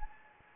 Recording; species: mosquito wingbeat signal from an infrared sensor; Anopheles gambiae